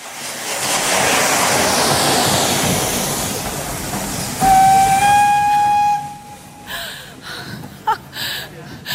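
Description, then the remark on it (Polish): At a railway station in Kraków, a broad hiss of steam fills the first seconds, then a steam train whistle sounds one steady, piercing blast for about two seconds, followed by short bursts of hissing and clanking. “Więc wysiedliśmy z żoną na dworcu.”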